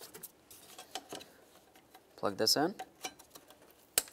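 A wiring harness connector is plugged into its mating socket while replacing the radiator on a 2012-2017 Toyota Camry, to make sure the wiring is secured. Someone talks over soft handling rustles, then a sharp click at 4.0 s shows the connector has seated, confirmed before it is given a tug to check.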